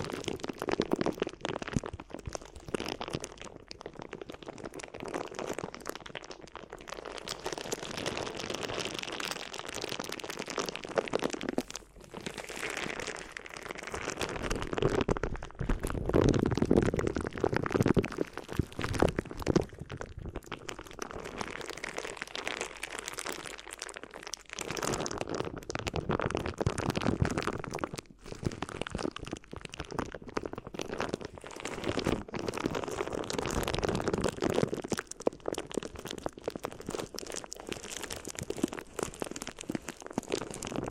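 Crinkly ear massage sounds: continuous rustling and crinkling with soft rubbing underneath, busy and dense throughout. Louder bursts of crunching come and go, notably around 15 to 20 seconds and again near 30 to 35, with brief quieter gaps between.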